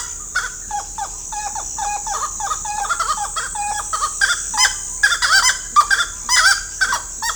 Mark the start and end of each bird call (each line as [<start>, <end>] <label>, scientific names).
[0.00, 7.35] Aramides cajaneus